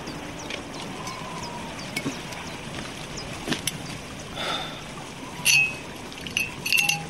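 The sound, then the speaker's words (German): A water bottle is handled and drunk from: scattered light clinks and taps, then a couple of short sloshing bursts, all over a steady wash of background noise with no talking. “Immerhin gibt's hier genug Wasser. Gib mir die Flasche.”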